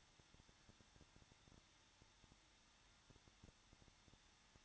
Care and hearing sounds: daily activity, microphone in the room; no activity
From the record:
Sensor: 3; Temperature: 21.2 degrees Celsius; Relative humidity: 36.4%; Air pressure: 1006.4 hPa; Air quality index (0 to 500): 223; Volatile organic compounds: 44 ppm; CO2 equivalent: 3206 ppm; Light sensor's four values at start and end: 2/3/2/2 and 2/3/2/2

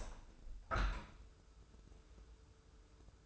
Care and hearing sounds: daily activity, microphone in the room; open window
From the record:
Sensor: 2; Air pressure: 995.6 hPa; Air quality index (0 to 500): 92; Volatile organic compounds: 4 ppm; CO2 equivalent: 1685 ppm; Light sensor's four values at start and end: 24/76/30/29 and 24/77/31/29

